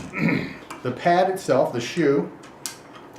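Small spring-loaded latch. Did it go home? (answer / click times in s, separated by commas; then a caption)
released / 2.7 s. A quick-release camera plate is released from the shoe of a Velbon tripod head, and someone talks throughout. A sharp tick at 2.7 s marks the plate popping out, with the clip springing back ready to take the next plate.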